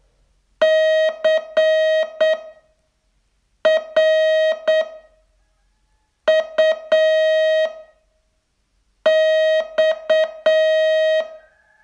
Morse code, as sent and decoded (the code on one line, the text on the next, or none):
-.-. .-. ..- -..-
CRUX